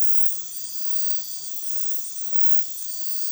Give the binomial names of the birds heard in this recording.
none